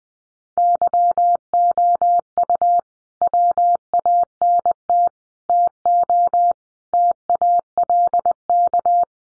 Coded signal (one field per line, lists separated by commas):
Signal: Morse code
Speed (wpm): 20 wpm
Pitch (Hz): 700 Hz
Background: none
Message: YOU WANT TO TALK